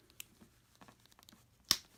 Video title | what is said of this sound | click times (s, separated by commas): Power Rangers Legacy Collection Wave 5 - Zeo Blue Ranger Review | we go you can hear the snap so now we have pretty | 1.7 s